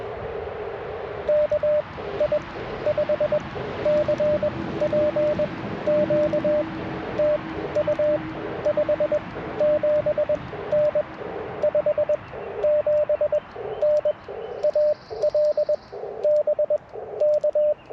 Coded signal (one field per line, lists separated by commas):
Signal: Morse code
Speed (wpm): 21 wpm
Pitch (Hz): 600 Hz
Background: radio noise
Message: KI5CPQ TU 57N 57N AL BK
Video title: Morning Morse Code - 02/01/2025